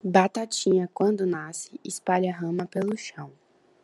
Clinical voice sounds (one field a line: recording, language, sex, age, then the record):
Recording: short text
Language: Brazilian Portuguese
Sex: female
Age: 20 to 29 years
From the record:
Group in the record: control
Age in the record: 23 years